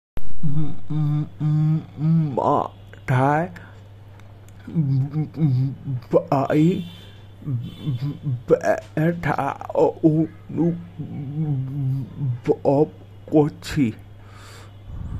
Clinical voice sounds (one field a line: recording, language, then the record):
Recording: elicited speech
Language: Bengali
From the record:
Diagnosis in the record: Broca's or global aphasia after a stroke